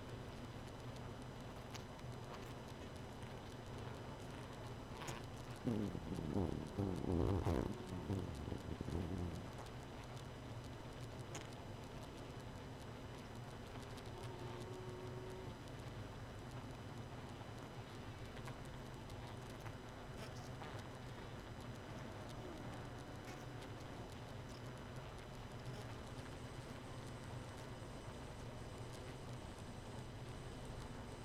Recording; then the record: honeybee colony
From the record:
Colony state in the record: missing queen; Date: 31 May 2018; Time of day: 0:45